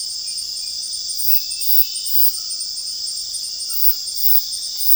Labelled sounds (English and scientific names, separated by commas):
none